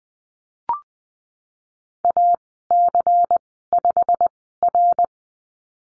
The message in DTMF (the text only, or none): none